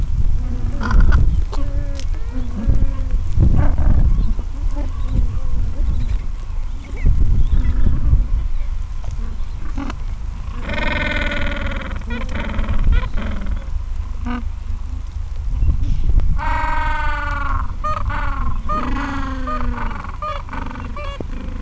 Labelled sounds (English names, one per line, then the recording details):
Gentoo Penguin
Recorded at the colony at Gold Harbour, on 26 December 2014
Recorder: Song Meter SM2+